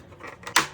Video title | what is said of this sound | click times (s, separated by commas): How to Install AprilAire 500M Whole House Humidifier | yep, snaps in place. | 0.6 s